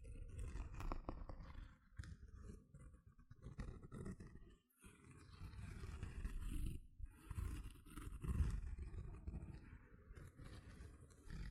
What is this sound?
Gentle Scratching Sounds